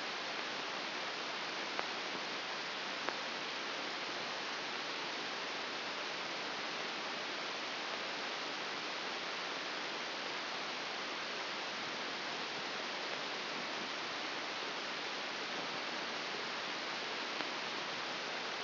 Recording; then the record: brain microelectrode recording played as sound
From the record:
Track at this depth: inside the subthalamic nucleus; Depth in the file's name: 1.6 mm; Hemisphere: left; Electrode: 2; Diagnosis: Parkinson's disease